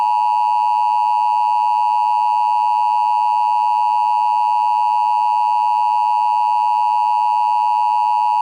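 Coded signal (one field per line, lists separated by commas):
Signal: Emergency Alert System (SAME) tones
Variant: 853 and 960 Hz attention tone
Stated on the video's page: Mock EAS severe thunderstorm warning, not a real alert.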